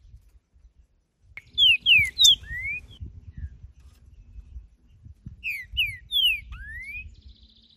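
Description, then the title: Green-winged saltator delivers two phrases of rich whistles, quick downward slurs then an upward glide, separated by a few seconds of soft background noise. Singing in nature; calling, singing and male-style singing in a contest; used to warm up a captive saltator. "ESQUENTAR Seu TRINCA Piando, Cantando E Macheando Na DISPUTA. Trinca Ferro Cantando na Natureza"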